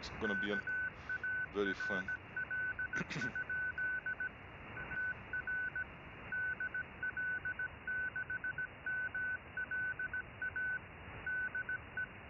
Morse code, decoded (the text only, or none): KARL? TR DL6MLA DE